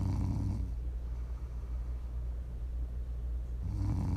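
Two low, rumbling, fluttering snores about three seconds apart, with quieter breathing noise between them. This is ordinary sleep snoring.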